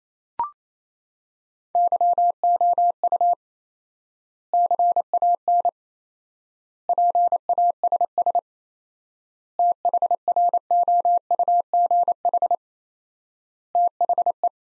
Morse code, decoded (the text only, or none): YOU CAN PASS THROUGH THE